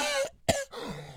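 A short voiced, throaty sound stops for a brief silence. Then comes one sharp, explosive cough with a rasping tail that fades out. It is a single adult male cough.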